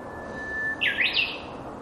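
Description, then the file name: Japanese bush warbler song, a long steady whistle that breaks into a loud, rolling, twisting phrase, over a constant background hiss. "uguisu"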